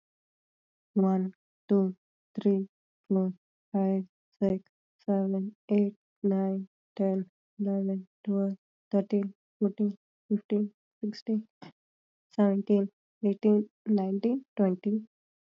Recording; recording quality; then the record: counting at a normal pace; excellent, no background noise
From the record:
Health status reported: healthy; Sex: female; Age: 19 years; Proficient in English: yes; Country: India